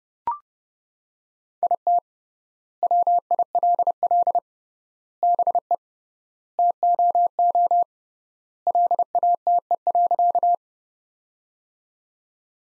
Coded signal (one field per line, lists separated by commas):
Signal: Morse code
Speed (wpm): 30 wpm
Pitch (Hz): 700 Hz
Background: none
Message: IT WILL BE TOO LATE.